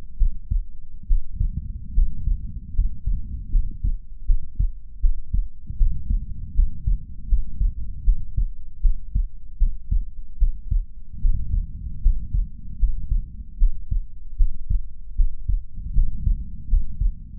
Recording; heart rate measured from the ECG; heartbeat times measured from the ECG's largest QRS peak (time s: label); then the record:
heart sounds by stethoscope; 77 bpm
0.16 s: heartbeat
1.05 s: heartbeat
1.92 s: heartbeat
2.72 s: heartbeat
3.49 s: heartbeat
4.24 s: heartbeat
4.99 s: heartbeat
5.76 s: heartbeat
6.53 s: heartbeat
7.26 s: heartbeat
8.02 s: heartbeat
8.80 s: heartbeat
9.56 s: heartbeat
10.37 s: heartbeat
11.19 s: heartbeat
12.00 s: heartbeat
12.77 s: heartbeat
13.56 s: heartbeat
14.35 s: heartbeat
15.14 s: heartbeat
15.92 s: heartbeat
16.67 s: heartbeat
17.38 s: heartbeat
From the record:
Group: healthy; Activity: rest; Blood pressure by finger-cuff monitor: 94/55 mmHg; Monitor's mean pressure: 69 mmHg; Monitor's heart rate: 75 bpm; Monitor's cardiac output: 6.4 L/min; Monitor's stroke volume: 85 mL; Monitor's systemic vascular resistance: 780 dyn s/cm5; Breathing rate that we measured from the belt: 13 breaths a minute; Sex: female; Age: 26 years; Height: 165 cm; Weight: 55 kg